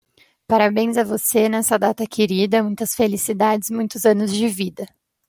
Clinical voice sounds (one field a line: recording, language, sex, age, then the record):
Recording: short text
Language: Brazilian Portuguese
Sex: female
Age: 20 to 29 years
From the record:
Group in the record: control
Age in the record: 24 years